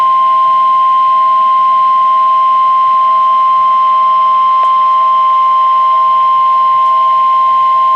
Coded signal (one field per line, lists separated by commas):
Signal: Emergency Alert System (SAME) tones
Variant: 1050 Hz attention tone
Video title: NOAA Weather Radio - Weekly EAS Test - 3/16/16